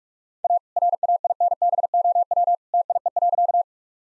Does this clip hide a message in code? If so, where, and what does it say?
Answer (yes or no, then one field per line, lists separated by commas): yes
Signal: Morse code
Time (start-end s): 0.4-3.6 s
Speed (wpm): 46 wpm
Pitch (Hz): 700 Hz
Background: none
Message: A RAINBOW TIE.